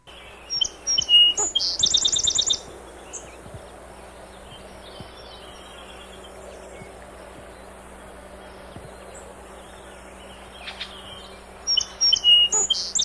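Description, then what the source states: Song sparrow song: two bursts of bright opening notes leading into a quick buzzy trill, the first near the start, the second near the end, with a quiet stretch between. Song sparrow, from marsh bird survey training material.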